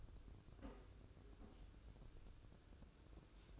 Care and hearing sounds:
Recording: daily activity, microphone in the room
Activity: take from stove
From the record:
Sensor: 2

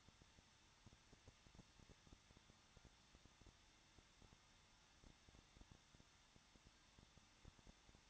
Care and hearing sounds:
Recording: daily activity, microphone in the room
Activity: no activity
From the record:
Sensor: 3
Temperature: 21.2 degrees Celsius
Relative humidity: 36.4%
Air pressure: 1006.3 hPa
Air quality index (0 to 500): 223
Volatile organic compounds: 43 ppm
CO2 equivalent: 3196 ppm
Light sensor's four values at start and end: 2/3/2/2 and 2/3/2/2

